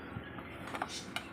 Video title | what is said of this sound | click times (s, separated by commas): how to use Honda generator motor EP1000 | lock ஆயிடுச்சு. | 1.2 s